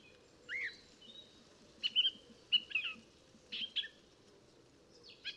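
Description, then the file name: Eurasian blackcap giving scattered warbled phrases, clear whistled notes and a few scratchy chips separated by short pauses, against a quiet low rumble. "Sylvia atricapilla"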